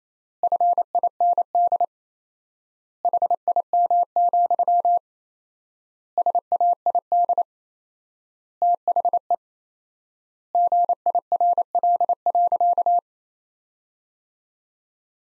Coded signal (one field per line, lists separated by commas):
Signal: Morse code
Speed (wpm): 28 wpm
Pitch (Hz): 700 Hz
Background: none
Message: FIND HIM, SAID THE GIRL.